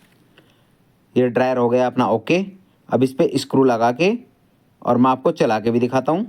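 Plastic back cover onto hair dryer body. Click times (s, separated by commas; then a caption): 0.4 s. A plastic back cover is pressed onto a hair dryer body so its catches engage, locking into place with a sharp click at 0.4 seconds. Afterward, someone talks.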